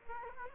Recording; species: mosquito wingbeat signal from an infrared sensor; Aedes aegypti